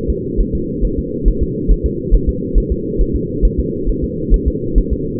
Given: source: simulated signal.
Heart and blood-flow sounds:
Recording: fetal heart sounds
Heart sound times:
0.10 s: S2
0.41 s: S1
0.55 s: S2
0.85 s: S1
0.99 s: S2
1.28 s: S1
1.43 s: S2
1.71 s: S1
1.86 s: S2
2.14 s: S1
2.29 s: S2
2.58 s: S1
2.72 s: S2
3.01 s: S1
3.16 s: S2
3.45 s: S1
3.60 s: S2
3.89 s: S1
4.04 s: S2
4.34 s: S1
4.48 s: S2
4.78 s: S1
4.93 s: S2
From the record:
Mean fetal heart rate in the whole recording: 135 bpm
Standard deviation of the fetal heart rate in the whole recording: 3 bpm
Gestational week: 36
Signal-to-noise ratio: -6.6 dB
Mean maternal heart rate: 72 bpm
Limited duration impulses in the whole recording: present

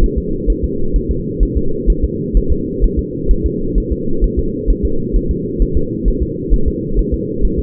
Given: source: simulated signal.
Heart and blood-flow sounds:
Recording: fetal heart sounds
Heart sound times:
0.04 s: S1
0.18 s: S2
0.50 s: S1
0.64 s: S2
0.96 s: S1
1.11 s: S2
1.43 s: S1
1.57 s: S2
1.90 s: S1
2.04 s: S2
2.37 s: S1
2.52 s: S2
2.84 s: S1
2.99 s: S2
3.31 s: S1
3.46 s: S2
3.78 s: S1
3.92 s: S2
4.24 s: S1
4.39 s: S2
4.70 s: S1
4.85 s: S2
5.16 s: S1
5.31 s: S2
5.62 s: S1
5.77 s: S2
6.08 s: S1
6.22 s: S2
6.54 s: S1
6.68 s: S2
6.99 s: S1
7.14 s: S2
7.45 s: S1
7.59 s: S2
From the record:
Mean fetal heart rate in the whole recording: 130 bpm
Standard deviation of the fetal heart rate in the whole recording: 2 bpm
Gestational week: 36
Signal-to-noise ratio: -8.1 dB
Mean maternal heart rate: 72 bpm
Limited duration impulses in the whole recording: absent

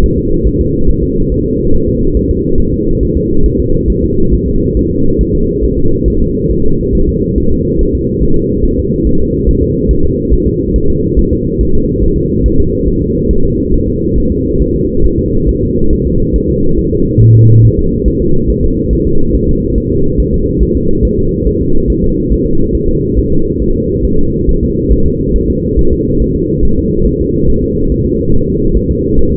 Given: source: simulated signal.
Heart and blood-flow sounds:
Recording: fetal heart sounds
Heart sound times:
0.04 s: S1
0.18 s: S2
0.47 s: S1
0.61 s: S2
0.90 s: S1
1.03 s: S2
1.32 s: S1
1.46 s: S2
1.75 s: S1
1.89 s: S2
2.17 s: S1
2.31 s: S2
2.60 s: S1
2.74 s: S2
3.03 s: S1
3.17 s: S2
3.46 s: S1
3.60 s: S2
3.90 s: S1
4.04 s: S2
4.34 s: S1
4.48 s: S2
4.77 s: S1
4.91 s: S2
5.21 s: S1
5.35 s: S2
5.64 s: S1
5.78 s: S2
6.08 s: S1
6.22 s: S2
6.51 s: S1
6.65 s: S2
6.95 s: S1
7.09 s: S2
7.38 s: S1
7.52 s: S2
7.81 s: S1
7.95 s: S2
8.23 s: S1
8.37 s: S2
8.65 s: S1
8.79 s: S2
9.07 s: S1
9.21 s: S2
9.49 s: S1
9.63 s: S2
9.91 s: S1
10.05 s: S2
10.33 s: S1
10.47 s: S2
10.76 s: S1
10.90 s: S2
11.19 s: S1
11.33 s: S2
11.61 s: S1
11.75 s: S2
12.04 s: S1
12.18 s: S2
12.46 s: S1
12.60 s: S2
12.88 s: S1
13.02 s: S2
13.31 s: S1
13.45 s: S2
13.74 s: S1
13.88 s: S2
14.18 s: S1
14.32 s: S2
14.62 s: S1
14.76 s: S2
15.05 s: S1
15.20 s: S2
15.49 s: S1
15.63 s: S2
15.93 s: S1
16.07 s: S2
16.36 s: S1
16.50 s: S2
16.79 s: S1
16.93 s: S2
17.22 s: S1
17.36 s: S2
17.65 s: S1
17.79 s: S2
18.08 s: S1
18.22 s: S2
18.50 s: S1
18.64 s: S2
18.93 s: S1
19.07 s: S2
19.35 s: S1
19.49 s: S2
19.78 s: S1
19.92 s: S2
20.20 s: S1
20.34 s: S2
20.63 s: S1
20.77 s: S2
21.05 s: S1
21.19 s: S2
21.47 s: S1
21.61 s: S2
21.90 s: S1
22.04 s: S2
22.32 s: S1
22.46 s: S2
22.75 s: S1
22.89 s: S2
23.18 s: S1
23.32 s: S2
23.62 s: S1
23.76 s: S2
24.05 s: S1
24.19 s: S2
24.49 s: S1
24.63 s: S2
24.93 s: S1
25.06 s: S2
25.36 s: S1
25.50 s: S2
25.79 s: S1
25.93 s: S2
26.22 s: S1
26.36 s: S2
26.65 s: S1
26.79 s: S2
27.07 s: S1
27.21 s: S2
27.50 s: S1
27.64 s: S2
27.92 s: S1
28.06 s: S2
28.34 s: S1
28.48 s: S2
28.77 s: S1
28.91 s: S2
29.19 s: S1
29.33 s: S2
From the record:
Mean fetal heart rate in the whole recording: 140 bpm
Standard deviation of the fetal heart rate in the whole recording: 2 bpm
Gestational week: 34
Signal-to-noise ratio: -17.7 dB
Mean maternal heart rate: 72 bpm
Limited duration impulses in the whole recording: present

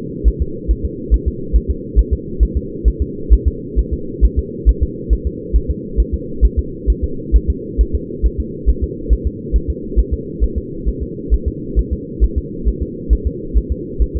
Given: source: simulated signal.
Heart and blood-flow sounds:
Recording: fetal heart sounds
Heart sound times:
0.28 s: S1
0.42 s: S2
0.71 s: S1
0.85 s: S2
1.14 s: S1
1.28 s: S2
1.56 s: S1
1.71 s: S2
1.99 s: S1
2.13 s: S2
2.43 s: S1
2.57 s: S2
2.88 s: S1
3.02 s: S2
3.33 s: S1
3.48 s: S2
3.79 s: S1
3.94 s: S2
4.25 s: S1
4.39 s: S2
4.69 s: S1
4.83 s: S2
5.13 s: S1
5.27 s: S2
5.56 s: S1
5.71 s: S2
6.00 s: S1
6.14 s: S2
6.45 s: S1
6.59 s: S2
6.90 s: S1
7.04 s: S2
7.36 s: S1
7.50 s: S2
7.81 s: S1
7.95 s: S2
8.26 s: S1
8.40 s: S2
8.69 s: S1
8.84 s: S2
9.13 s: S1
9.27 s: S2
9.56 s: S1
9.70 s: S2
9.99 s: S1
10.14 s: S2
10.44 s: S1
10.58 s: S2
10.88 s: S1
11.03 s: S2
11.34 s: S1
11.48 s: S2
11.79 s: S1
11.93 s: S2
12.24 s: S1
12.38 s: S2
12.68 s: S1
12.83 s: S2
13.13 s: S1
13.27 s: S2
13.57 s: S1
13.72 s: S2
14.02 s: S1
14.16 s: S2
From the record:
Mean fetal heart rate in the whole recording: 135 bpm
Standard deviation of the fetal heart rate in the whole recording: 3 bpm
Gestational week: 34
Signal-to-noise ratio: -4.3 dB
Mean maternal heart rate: 72 bpm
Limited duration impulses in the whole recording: absent

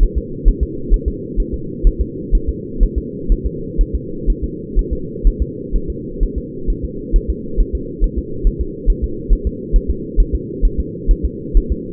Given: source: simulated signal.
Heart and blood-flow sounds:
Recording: fetal heart sounds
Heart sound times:
0.03 s: S1
0.18 s: S2
0.48 s: S1
0.63 s: S2
0.94 s: S1
1.08 s: S2
1.40 s: S1
1.54 s: S2
1.87 s: S1
2.01 s: S2
2.35 s: S1
2.49 s: S2
2.83 s: S1
2.98 s: S2
3.32 s: S1
3.46 s: S2
3.81 s: S1
3.95 s: S2
4.30 s: S1
4.44 s: S2
4.79 s: S1
4.93 s: S2
5.27 s: S1
5.42 s: S2
5.76 s: S1
5.90 s: S2
6.23 s: S1
6.38 s: S2
6.70 s: S1
6.85 s: S2
7.16 s: S1
7.30 s: S2
7.61 s: S1
7.75 s: S2
8.04 s: S1
8.18 s: S2
8.47 s: S1
8.61 s: S2
8.90 s: S1
9.04 s: S2
9.33 s: S1
9.47 s: S2
9.76 s: S1
9.90 s: S2
10.20 s: S1
10.35 s: S2
10.65 s: S1
10.80 s: S2
11.11 s: S1
11.25 s: S2
11.57 s: S1
11.72 s: S2
From the record:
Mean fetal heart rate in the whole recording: 130 bpm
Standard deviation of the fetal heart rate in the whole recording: 4 bpm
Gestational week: 38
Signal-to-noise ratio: -4.3 dB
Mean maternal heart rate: 72 bpm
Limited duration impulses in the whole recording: absent

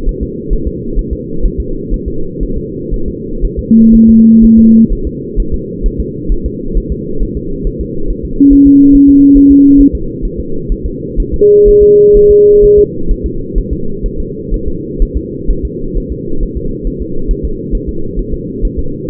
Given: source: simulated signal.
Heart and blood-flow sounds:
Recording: fetal heart sounds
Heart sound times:
0.09 s: S1
0.23 s: S2
0.53 s: S1
0.67 s: S2
0.99 s: S1
1.13 s: S2
1.45 s: S1
1.60 s: S2
1.94 s: S1
2.08 s: S2
2.43 s: S1
2.58 s: S2
2.94 s: S1
3.08 s: S2
3.45 s: S1
3.59 s: S2
3.95 s: S1
4.09 s: S2
4.44 s: S1
4.59 s: S2
4.93 s: S1
5.07 s: S2
5.40 s: S1
5.54 s: S2
5.86 s: S1
6.00 s: S2
6.32 s: S1
6.46 s: S2
6.77 s: S1
6.92 s: S2
7.23 s: S1
7.37 s: S2
7.67 s: S1
7.81 s: S2
8.10 s: S1
8.25 s: S2
8.53 s: S1
8.67 s: S2
8.95 s: S1
9.09 s: S2
9.37 s: S1
9.52 s: S2
9.81 s: S1
9.95 s: S2
10.25 s: S1
10.40 s: S2
10.72 s: S1
10.86 s: S2
11.20 s: S1
11.34 s: S2
11.68 s: S1
11.83 s: S2
12.17 s: S1
12.31 s: S2
12.64 s: S1
12.79 s: S2
13.11 s: S1
13.26 s: S2
13.58 s: S1
13.73 s: S2
14.06 s: S1
14.20 s: S2
14.54 s: S1
14.68 s: S2
15.02 s: S1
15.17 s: S2
15.50 s: S1
15.65 s: S2
15.97 s: S1
16.12 s: S2
16.43 s: S1
16.57 s: S2
16.87 s: S1
17.02 s: S2
17.31 s: S1
17.45 s: S2
17.75 s: S1
17.89 s: S2
18.19 s: S1
18.34 s: S2
18.65 s: S1
18.79 s: S2
From the record:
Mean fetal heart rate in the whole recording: 130 bpm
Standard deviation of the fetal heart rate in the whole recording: 4 bpm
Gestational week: 38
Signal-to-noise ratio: -8.1 dB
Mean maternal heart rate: 72 bpm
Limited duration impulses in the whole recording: present

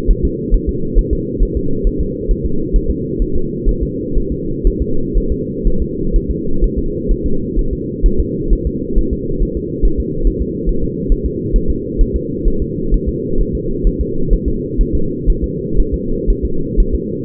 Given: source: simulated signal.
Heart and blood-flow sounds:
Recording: fetal heart sounds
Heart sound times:
0.11 s: S1
0.25 s: S2
0.55 s: S1
0.69 s: S2
0.99 s: S1
1.13 s: S2
1.43 s: S1
1.57 s: S2
1.87 s: S1
2.01 s: S2
2.31 s: S1
2.46 s: S2
2.76 s: S1
2.91 s: S2
3.22 s: S1
3.36 s: S2
3.69 s: S1
3.83 s: S2
4.18 s: S1
4.32 s: S2
4.67 s: S1
4.82 s: S2
5.18 s: S1
5.32 s: S2
5.67 s: S1
5.82 s: S2
6.16 s: S1
6.31 s: S2
6.64 s: S1
6.79 s: S2
7.12 s: S1
7.26 s: S2
7.59 s: S1
7.73 s: S2
8.06 s: S1
8.20 s: S2
8.53 s: S1
8.67 s: S2
8.98 s: S1
9.13 s: S2
9.43 s: S1
9.57 s: S2
9.85 s: S1
10.00 s: S2
10.27 s: S1
10.42 s: S2
10.69 s: S1
10.84 s: S2
11.12 s: S1
11.26 s: S2
11.56 s: S1
11.70 s: S2
12.01 s: S1
12.16 s: S2
12.48 s: S1
12.62 s: S2
12.94 s: S1
13.09 s: S2
13.41 s: S1
13.55 s: S2
13.87 s: S1
14.01 s: S2
14.33 s: S1
14.48 s: S2
14.81 s: S1
14.95 s: S2
15.30 s: S1
15.44 s: S2
15.80 s: S1
15.94 s: S2
16.30 s: S1
16.45 s: S2
16.80 s: S1
16.95 s: S2
From the record:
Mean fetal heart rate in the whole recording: 130 bpm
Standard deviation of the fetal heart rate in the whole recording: 4 bpm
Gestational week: 38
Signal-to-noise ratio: -8.1 dB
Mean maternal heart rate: 72 bpm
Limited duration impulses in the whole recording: absent

